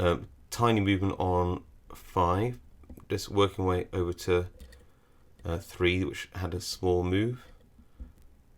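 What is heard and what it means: Someone talks while picking a Tesa TK100 dimple lock cylinder, working toward pin 3, which had moved slightly, and noting a tiny movement on pin 5. Only faint handling sounds are heard under the talking. Nothing has set or clicked yet on pin 3.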